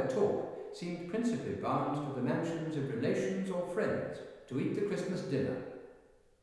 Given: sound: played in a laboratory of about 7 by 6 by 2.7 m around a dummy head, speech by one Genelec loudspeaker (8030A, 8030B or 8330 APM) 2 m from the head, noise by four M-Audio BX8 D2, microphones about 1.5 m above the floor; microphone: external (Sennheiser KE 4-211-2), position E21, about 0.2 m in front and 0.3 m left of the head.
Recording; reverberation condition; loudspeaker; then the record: male speech in English; high; 60 degrees to the right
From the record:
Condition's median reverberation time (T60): about 1300 ms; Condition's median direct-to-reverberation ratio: about -4.0 dB